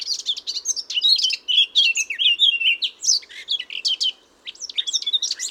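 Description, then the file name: Eurasian blackcap, quick bright warbled phrases of slurred whistles and chatter, a short silence, then more sharp notes. "Sylvia atricapilla"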